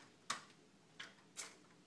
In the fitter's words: pull it out make sure it clicks and it's nice and locked